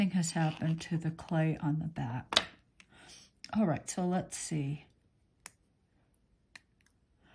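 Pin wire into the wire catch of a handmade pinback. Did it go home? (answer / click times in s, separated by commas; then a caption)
yes / 5.5 s, 6.6 s. Someone talks, then a pin wire is pushed into the catch of a handmade wire pinback, made from an earring finding, for a polymer clay pin. Sharp clicks are heard at 5.5 s and 6.6 s, followed by faint ticks. The clasp is engaged.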